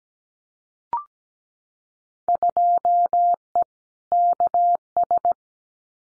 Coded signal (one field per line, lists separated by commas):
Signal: Morse code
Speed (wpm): 17 wpm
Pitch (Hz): 700 Hz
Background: none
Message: 2E KS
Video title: Field Day Exchange Encore 17wpm